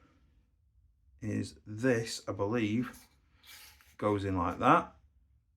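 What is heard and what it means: An HPA adapter component is pushed into the magazine/drum adapter of an airsoft gas blowback pistol while someone talks, with a faint tap near 3.8 s. The clip ends before the part goes home; nothing has seated or clicked yet.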